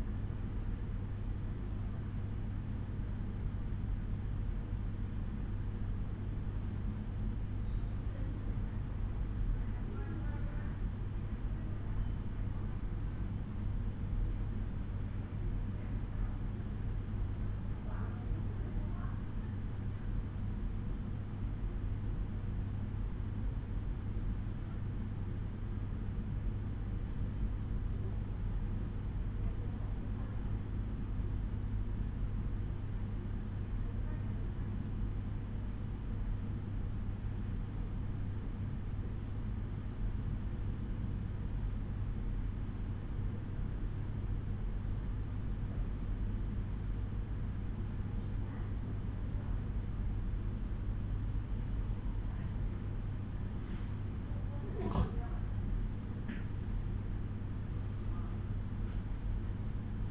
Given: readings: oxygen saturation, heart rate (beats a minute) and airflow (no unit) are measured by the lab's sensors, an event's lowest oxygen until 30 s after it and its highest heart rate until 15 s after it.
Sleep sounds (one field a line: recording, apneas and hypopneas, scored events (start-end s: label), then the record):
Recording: breathing in sleep by a smartphone at the bedside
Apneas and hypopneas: 1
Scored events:
25.00-55.70 s: hypopnea (N2, oxygen 93% highest, then 89% lowest, heart rate 60 at the start, 64 highest)
45.00-60.11 s: new sleep stage, N1 (lightest sleep)
From the record:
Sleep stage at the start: N2 (light sleep)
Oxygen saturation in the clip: 91 to 94%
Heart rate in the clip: 56 to 64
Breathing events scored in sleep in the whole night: 187 in 7.2 hours asleep